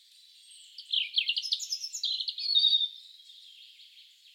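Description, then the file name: European robin pouring out a high warbled phrase of quick, liquid notes in a fast rattling series, tailing off into a thin, quiet twitter. "Erithacus rubecula"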